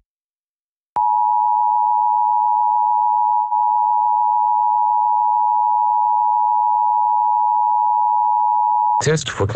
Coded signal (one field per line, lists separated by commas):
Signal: Emergency Alert System (SAME) tones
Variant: 853 and 960 Hz attention tone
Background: speech